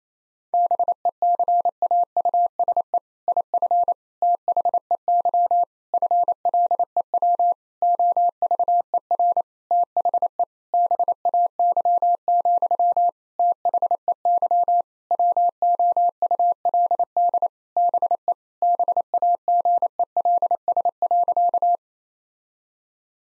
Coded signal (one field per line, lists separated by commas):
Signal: Morse code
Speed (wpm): 28 wpm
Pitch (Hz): 700 Hz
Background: none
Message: BECAUSE IF THEY FLEW OVER THE BAY, THEY WOULD BE BAGELS.